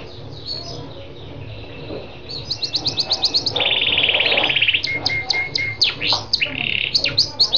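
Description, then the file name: Lancashire canary song: a quieter start, then fast repeated chirps, a loud buzzy rattle for about a second, and whistled notes and trills. "canto do canario lancashire"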